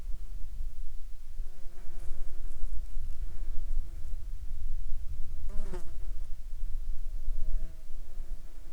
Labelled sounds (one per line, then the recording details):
insects
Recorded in Ivvavik National Park, Yukon, on 4 July 2019 at 21:30
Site SINP03